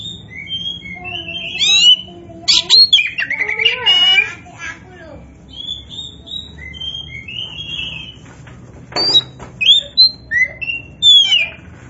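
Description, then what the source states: Oriental magpie-robin singing a long varied phrase of whistled slurs, sharp chips and scratchy notes, a pause, then bright whistles. Kacer poci (Indonesian name), described as gacor, singing actively and continuously.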